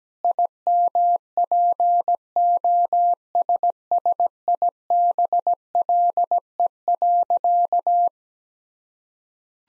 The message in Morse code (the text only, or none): IMPOSSIBLE.